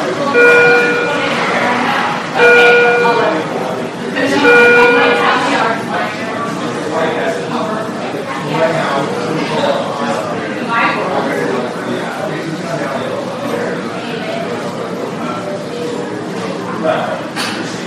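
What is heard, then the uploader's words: In a hospital emergency room, many voices talk over one another in a steady, dense murmur. During the first five seconds a short electronic chime sounds three times, about two seconds apart. After that the chatter carries on alone at an even level. Hospital Emergency Room.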